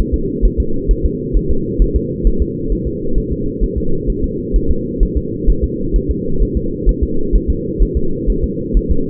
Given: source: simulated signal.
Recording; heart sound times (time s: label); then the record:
fetal heart sounds
0.14 s: S2
0.45 s: S1
0.60 s: S2
0.91 s: S1
1.05 s: S2
1.36 s: S1
1.51 s: S2
1.82 s: S1
1.96 s: S2
2.27 s: S1
2.42 s: S2
2.72 s: S1
2.87 s: S2
3.18 s: S1
3.32 s: S2
3.63 s: S1
3.78 s: S2
4.10 s: S1
4.24 s: S2
4.56 s: S1
4.71 s: S2
5.03 s: S1
5.17 s: S2
5.49 s: S1
5.64 s: S2
5.96 s: S1
6.11 s: S2
6.42 s: S1
6.57 s: S2
6.89 s: S1
7.03 s: S2
7.35 s: S1
7.50 s: S2
7.82 s: S1
7.97 s: S2
8.30 s: S1
8.44 s: S2
8.77 s: S1
8.91 s: S2
From the record:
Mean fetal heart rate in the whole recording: 130 bpm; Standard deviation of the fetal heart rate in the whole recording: 2 bpm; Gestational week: 36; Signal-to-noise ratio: -8.1 dB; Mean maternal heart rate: 72 bpm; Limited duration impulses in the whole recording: absent